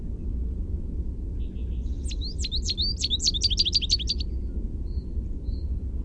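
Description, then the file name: American goldfinch song, a quick run of high, sharply swept twittering notes, set against a constant low rumble. "AMGO song"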